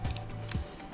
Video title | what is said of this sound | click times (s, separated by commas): Honda VFR Stator Replacement | connectors are seated you heard each one of them click | 0.2 s, 0.5 s